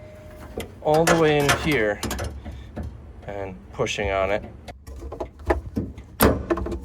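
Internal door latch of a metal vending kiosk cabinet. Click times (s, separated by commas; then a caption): 6.2 s. Someone talks while reaching an arm deep inside an upside-down Redbox metal vending kiosk cabinet and pushing on the bottom internal metal door latch, with scattered knocks and scrapes. At 6.2 s the latch releases with a loud thud, and the door is unlatched.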